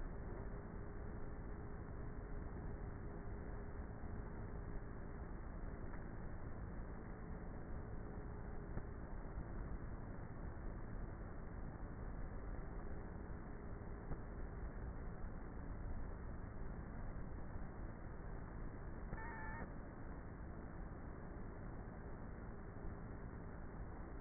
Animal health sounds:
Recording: honeybee colony, microphone inside the hive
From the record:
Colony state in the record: queenless with a low population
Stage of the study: before two queens were removed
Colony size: about 30,000 bees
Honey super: no

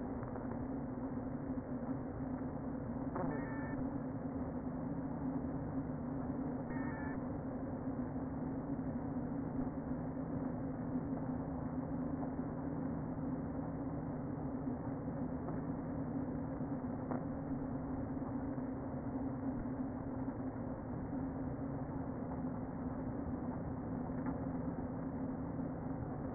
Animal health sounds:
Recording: honeybee colony, microphone inside the hive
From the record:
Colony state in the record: queen present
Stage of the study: before two queens were removed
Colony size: about 60,000 bees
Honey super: yes

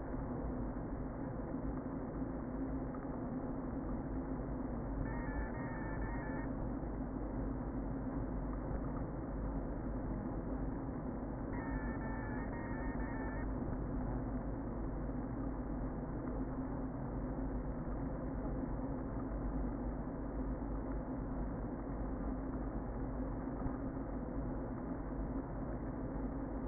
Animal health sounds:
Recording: honeybee colony, microphone inside the hive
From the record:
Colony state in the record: queen present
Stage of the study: before two queens were removed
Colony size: about 60,000 bees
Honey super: yes

